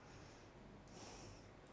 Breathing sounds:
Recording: one breath in and out by a microphone near the nose and mouth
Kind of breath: normal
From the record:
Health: marked as sick, illness not named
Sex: female

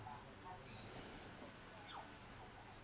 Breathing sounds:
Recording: one breath in and out by a microphone near the nose and mouth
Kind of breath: deep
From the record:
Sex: male

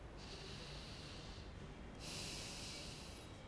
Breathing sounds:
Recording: one breath in and out by a microphone near the nose and mouth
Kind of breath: deep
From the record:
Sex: male

